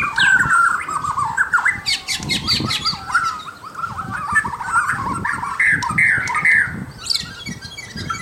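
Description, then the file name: White-rumped shama singing mixed whistles, chatters and short buzzy bursts, loud at first and softening slightly midway. Local name murai batu; labelled mahkota. "suara-murai-batu-mahkota-v 2"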